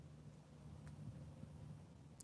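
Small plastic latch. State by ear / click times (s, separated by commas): released / 2.2 s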